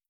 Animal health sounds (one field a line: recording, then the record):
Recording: hydrophone in a shrimp aquaculture tank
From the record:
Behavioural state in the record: starved